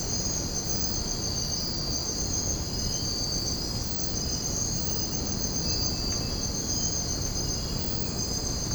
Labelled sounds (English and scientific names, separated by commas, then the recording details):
none
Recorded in secondary vegetation near Puerto Asís, Putumayo, Colombia, on 13 March 2025 at 04:00
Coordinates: 0.481, -76.318
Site G097